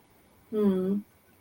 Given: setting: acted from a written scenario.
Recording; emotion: vocal sound without words; pride